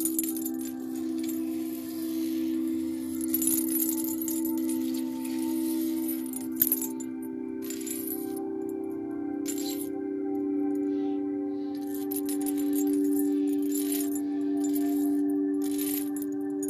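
A singing bowl hums steadily throughout, a low, sustained ringing tone with a faint shimmer of higher overtones. Bursts of bright metallic jingling, like a bangle bracelet shaken, come and go around 3–4 seconds, near 6–7 seconds and repeatedly after 12 seconds.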